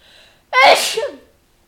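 A single adult sneeze: a sharp, loud burst of noise with a brief voiced onset, trailing off within about a second.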